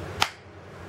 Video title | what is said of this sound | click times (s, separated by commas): Camillus Les Stroud Arctic SK fixed blade knife | you can hear it's got a pretty good retention snap to that so | 0.2 s